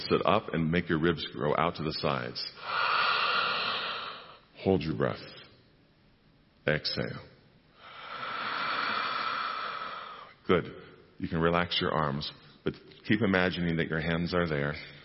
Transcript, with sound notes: Sit up and make your ribs grow out to the sides. (Inhales) Hold your breath. Exhale. (Exhales) Good. You can relax your arms, but keep imagining that your hands are there,